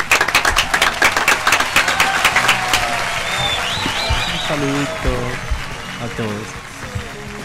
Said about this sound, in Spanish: Bueno, así que bueno, un aplauso. La mejor.